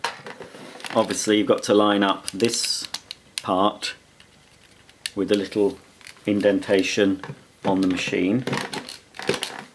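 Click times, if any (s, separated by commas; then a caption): 9.4 s. Someone talks while lining up the plastic hose end fitting with a small indentation on the inlet of a Karcher TSC 555 cylinder vacuum cleaner and pushing it in. A few small plastic knocks follow near the end, and the fitting clicks into place at 9.4 s, seated.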